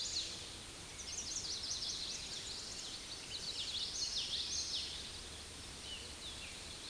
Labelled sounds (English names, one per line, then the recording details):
Common Yellowthroat song
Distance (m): 30 m
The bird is about 5 m below the microphone
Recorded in a Pennsylvania forest on 16 May 2024 at 06:22
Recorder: AudioMoth, point MSD-2453
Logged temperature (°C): 16.3 °C
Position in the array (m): 236 m, 173 m